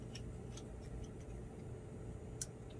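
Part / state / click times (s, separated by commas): brake wear sensor cable into its holder clip on the caliper / seated / 2.4 s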